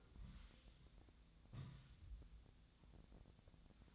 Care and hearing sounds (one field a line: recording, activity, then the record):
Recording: daily activity, microphone in the room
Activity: take from stove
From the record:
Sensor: 3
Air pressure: 1009.9 hPa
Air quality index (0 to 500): 187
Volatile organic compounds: 14 ppm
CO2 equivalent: 2434 ppm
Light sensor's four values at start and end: 43/107/46/49 and 43/107/46/49